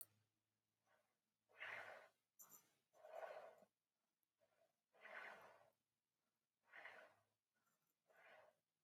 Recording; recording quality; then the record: shallow breathing; excellent, no background noise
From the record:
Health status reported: healthy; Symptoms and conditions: none ticked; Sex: female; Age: 36 years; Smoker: not ticked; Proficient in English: yes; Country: United States